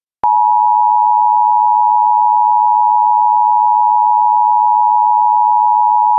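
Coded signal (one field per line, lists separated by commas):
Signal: Emergency Alert System (SAME) tones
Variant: 853 and 960 Hz attention tone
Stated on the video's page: Fire warning and immediate evacuation alert for Fresno, California (Shasta County).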